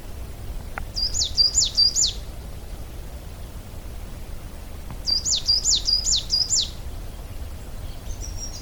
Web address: vogelstimmen tannenmeise gesang nabu lars lachmann